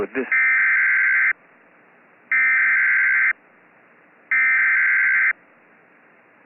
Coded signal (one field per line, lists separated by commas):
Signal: Emergency Alert System (SAME) tones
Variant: header bursts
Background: speech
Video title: (Double header!) Tornado warning and special marine warning (EAS 23-24)